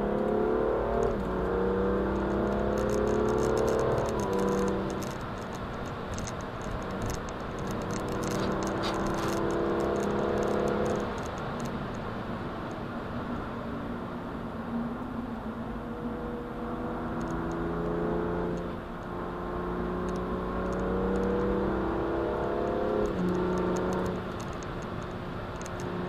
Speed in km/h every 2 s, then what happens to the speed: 142, 162, 166, 160, 169, 163, 145, 121, 118, 126, 132, 148, 154.
0-9 speeds up to 169. 9-16 brakes to 118. 16-23 speeds up to 154.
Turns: none.